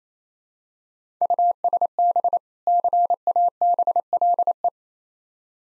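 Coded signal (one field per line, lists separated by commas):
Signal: Morse code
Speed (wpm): 28 wpm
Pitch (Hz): 700 Hz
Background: none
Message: USB CABLE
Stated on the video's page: Morse practice of difficult words at 28 wpm, each preceded by a contextual hint.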